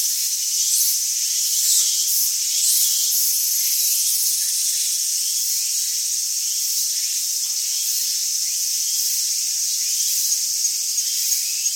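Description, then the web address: Insects keep up a shrill, steady hissing chorus with pulsing bursts, most marked early on. Ambient insects recorded in Tsumago, Japan. "Lynne Music 2 Amb Insects Birds Tsumago Japan"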